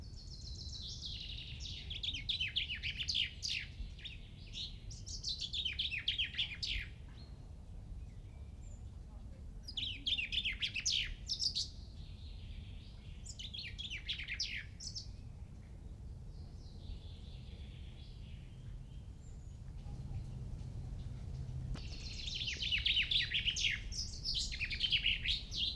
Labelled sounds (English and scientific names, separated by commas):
Common Chaffinch (Fringilla coelebs) song